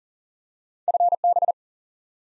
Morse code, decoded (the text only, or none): FB